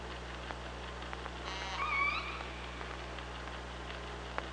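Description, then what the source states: Killer whale call, a single harmonic-rich cry lasting under a second, over steady low hum and scattered clicks. Recorded on the OrcaLab hydrophone, 24 August 2017 at 05:33.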